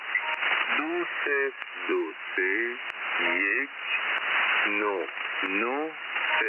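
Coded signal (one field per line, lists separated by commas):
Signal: numbers station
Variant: Farsi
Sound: short spoken words, about six, spaced roughly a second apart, over steady radio hiss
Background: radio static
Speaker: So, I thought you might like to hear what a numbers station sounds like. Just in case you've never heard one before.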